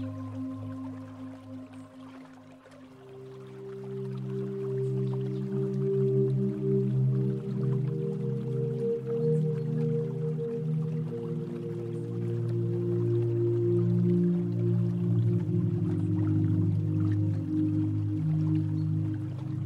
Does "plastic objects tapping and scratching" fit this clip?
no